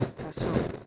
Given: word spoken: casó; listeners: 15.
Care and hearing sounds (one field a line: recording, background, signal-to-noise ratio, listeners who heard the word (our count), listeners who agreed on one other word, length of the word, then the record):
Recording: one Spanish word in noise, from a listening test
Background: noise modulated by one talker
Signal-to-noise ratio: -7.5 dB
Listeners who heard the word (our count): 1 of 15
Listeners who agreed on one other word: 10 of 15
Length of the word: 0.47 s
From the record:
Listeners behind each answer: 10, 2, 1, 1, 1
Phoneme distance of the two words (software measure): 10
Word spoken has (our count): 2 syllables, 4 phonemes, stress on syllable 2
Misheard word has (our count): 2 syllables, 4 phonemes, stress on syllable 2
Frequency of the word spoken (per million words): 8.53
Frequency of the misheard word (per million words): 109.09